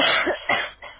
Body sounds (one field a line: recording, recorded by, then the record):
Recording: voluntary cough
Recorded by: telephone call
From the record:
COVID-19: positive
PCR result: checked with the laboratory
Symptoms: yes